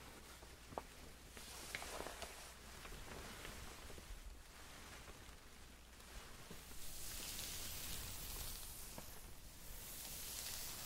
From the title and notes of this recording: ASMR Doing your Makeup sound tweezers curling iron No Talking.